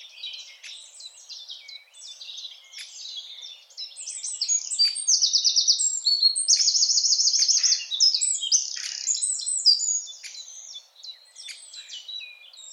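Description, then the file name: Eurasian wren song, two loud, fast, high trills in the middle, amid steady twittering and chirps. "Troglodytes troglodytes"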